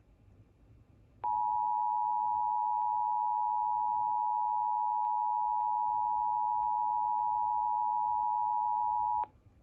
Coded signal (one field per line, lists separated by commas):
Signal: Emergency Alert System (SAME) tones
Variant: 853 and 960 Hz attention tone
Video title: Texas AMBER alert (EAS#105)